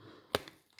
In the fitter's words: ఇందులోకి వెళ్ళిపోయి లాక్ అయిపోతుంది.